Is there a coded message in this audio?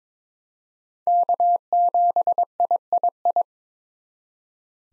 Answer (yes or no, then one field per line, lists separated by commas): yes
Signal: Morse code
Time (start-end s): 1.1-3.4 s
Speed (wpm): 21 wpm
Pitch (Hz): 700 Hz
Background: none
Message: K7III